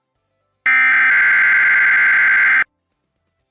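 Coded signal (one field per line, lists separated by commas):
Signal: Emergency Alert System (SAME) tones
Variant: header bursts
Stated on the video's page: NOAA Weather Radio Required Weekly Test from station WXL51 Toledo, 162.500 MHz, transmitter in Holland, Ohio, received in Lucas County.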